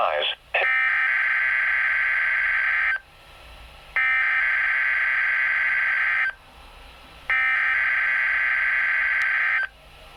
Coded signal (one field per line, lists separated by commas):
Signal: Emergency Alert System (SAME) tones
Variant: header bursts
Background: speech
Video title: EAS Required Weekly Test NOAA Weather Radio KEC65 (Featuring Fire Department Reecom!)